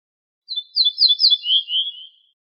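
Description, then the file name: Ortolan bunting song: a brief opening note, a few clear ringing notes on the same high pitch, then two lower slurred notes ending the phrase; quiet background. "suara kicauan ortolan"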